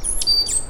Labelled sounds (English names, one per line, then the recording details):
Stitchbird song
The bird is a male
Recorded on Tiritiri Matangi Island, New Zealand, in 2005
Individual 1, of nest box 1